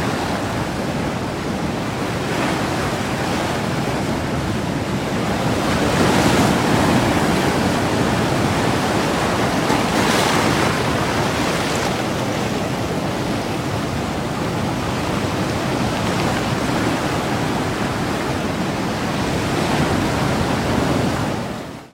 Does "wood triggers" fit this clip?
no